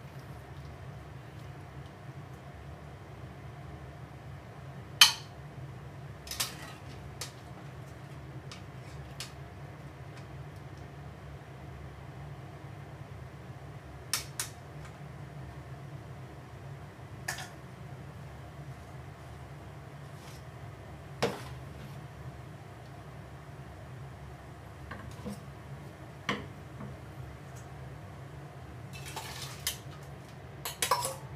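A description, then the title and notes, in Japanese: Cooking sounds: a steady low hum runs through the whole recording, like a fan or burner. Over it come scattered sharp clicks and clinks of utensils, roughly every few seconds, with a quick cluster of clatter near the end. 料理の音。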